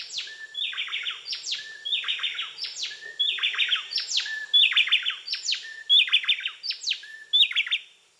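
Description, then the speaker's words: Bay wrens singing a duet: repeated phrases, each a high descending sweep followed by clustered whistled notes. Male and female songs blended in a complex duet; tropical species in which females help defend the territory. "Some species even blend male and female songs in a complex duet, like these bay wrens."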